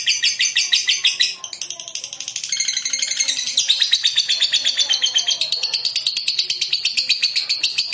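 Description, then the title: Lovebird song: rapid high, buzzy notes repeated in a steady chattering trill throughout, with slight shifts in pitch. "Suara Lovebird"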